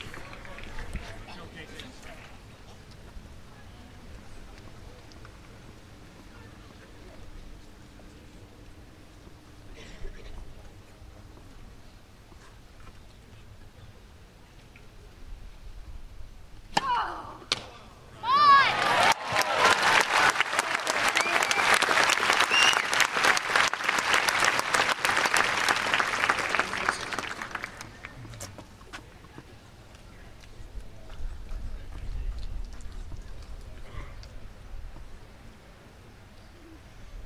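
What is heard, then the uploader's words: On a tennis court, a quiet crowd murmurs for the first quarter-minute before a couple of sharp knocks ring out. Dense, bright applause then erupts and holds for about ten seconds, fading back into low chatter and shuffling. On court at Wimbledon. It's the first set and Bouzkova is serving. Recorded by Cities and Memory.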